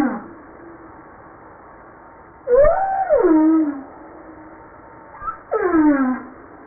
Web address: JASA 2013 Blue Bowhead Fin Humpback Southern Right Whale humpback